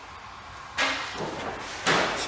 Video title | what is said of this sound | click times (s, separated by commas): Subaru Alternator replacement ALL EJ series | sure she's squarely on there and lined up with the tabs, and just push until she clicks into place. | 1.9 s